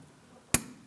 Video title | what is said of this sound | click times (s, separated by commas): How to Replace AC Discharge Line 2007-2014 Ford Edge 3.5L | Let's line it up, press it in, listen for a click from that. | 0.5 s